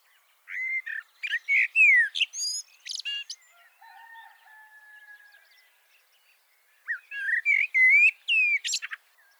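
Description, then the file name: Common blackbird song: a long run of rich warbling notes with high, squeaky twitters, a pause, then another warbled phrase rising into a shrill finish. "Turdus merula"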